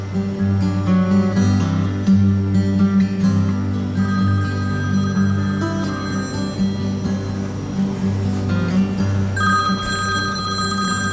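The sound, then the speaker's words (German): A mobile phone rings aboard a training aircraft in flight, with a steady, loud electronic tone over a constant low hum, its higher pitched notes shifting near the end. No one speaks. “Hände weg vom Handy, Flugschüler Zweier. Sie lenken ein Luftfahrzeug.”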